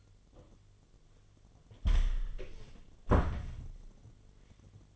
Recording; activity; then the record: daily activity, microphone in the room; close door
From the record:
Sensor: 4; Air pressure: 1007.9 hPa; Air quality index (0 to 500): 184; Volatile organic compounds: 6 ppm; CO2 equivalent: 1844 ppm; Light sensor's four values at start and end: 23/72/27/26 and 23/73/28/27